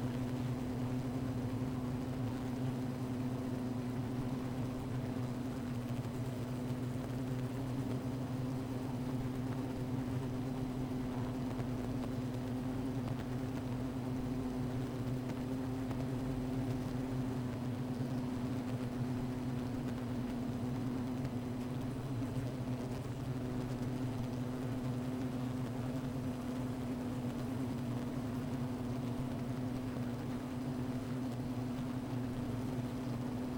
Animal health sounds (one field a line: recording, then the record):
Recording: honeybee colony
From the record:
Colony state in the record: missing queen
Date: 14 July 2017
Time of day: 15:11